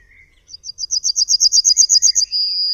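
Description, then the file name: Yellowhammer singing, with a rapid series of bright repeated chips rising in volume, then a sustained high final note held to the end. "Trznadel"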